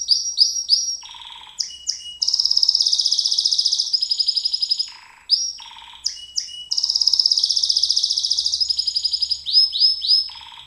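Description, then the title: White-eye singing a lively mix of sharp falling chirps and extended fast buzzy trills, broken by lower rattling phrases, with little pause throughout. Song in ngerol ngalas style. "Suara Burung Pleci Ngerol Ngalas"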